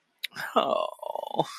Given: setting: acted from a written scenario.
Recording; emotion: vocal sound without words; sympathy